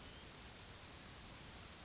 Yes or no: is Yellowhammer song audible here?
no